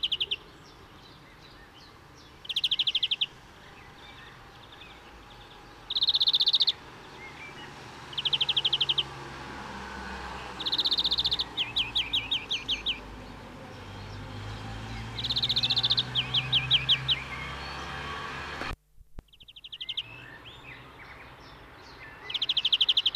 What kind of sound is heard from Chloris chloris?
song